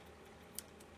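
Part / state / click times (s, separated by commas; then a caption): roller ball insert into glass roller bottle neck / seated / 0.6 s. A cap is screwed onto a glass roller bottle, pressing a plastic roller-ball insert down into the bottle's neck instead of pushing it in by hand. A single sharp, bright snap sounds at 0.6 s, followed by a fainter, softer tick at about 0.8 s against low background noise. The roller-ball insert snaps into place in the neck and is seated.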